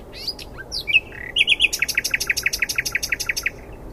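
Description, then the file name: Common nightingale song opening with varied slurred whistles, then breaking into a fast, rattling series of loud repeated notes. "Luscinia megarhynchos"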